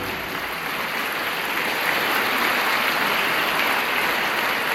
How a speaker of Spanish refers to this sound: Sí, denle el aplauso a la gloria de Dios, denle el aplauso.